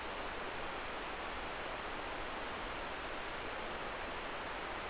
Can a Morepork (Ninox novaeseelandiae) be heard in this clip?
no